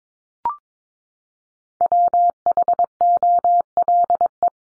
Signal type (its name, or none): Morse code